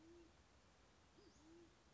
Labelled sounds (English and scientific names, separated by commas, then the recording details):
Band-tailed Pigeon (Patagioenas fasciata)
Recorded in Sonoma County, California